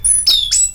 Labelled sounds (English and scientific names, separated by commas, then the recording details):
Stitchbird (Notiomystis cincta) song
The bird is a male
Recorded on Tiritiri Matangi Island, New Zealand, in 2005
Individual 12, of nest box 16